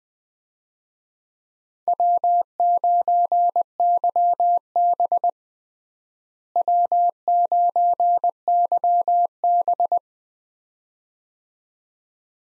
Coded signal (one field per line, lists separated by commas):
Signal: Morse code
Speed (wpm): 20 wpm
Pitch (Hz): 700 Hz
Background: none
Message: W9YB W9YB